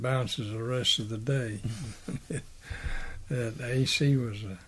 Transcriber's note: chuckling